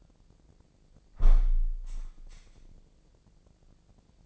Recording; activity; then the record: daily activity, microphone in the room; close window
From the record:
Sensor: 5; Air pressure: 1012.4 hPa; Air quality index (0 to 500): 158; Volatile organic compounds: 2 ppm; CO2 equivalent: 1075 ppm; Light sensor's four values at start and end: 111/267/113/125 and 111/267/113/125